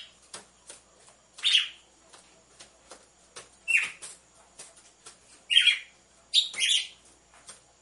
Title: Canto Galo Campina Fêmea 01. ESQUENTE GALO DE CAMPINA COM BATIDA DE DOIS MACHOS